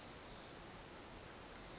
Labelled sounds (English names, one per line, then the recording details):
Pacific Wren
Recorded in Sonoma County, California